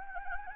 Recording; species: mosquito wingbeat signal from an infrared sensor; Anopheles gambiae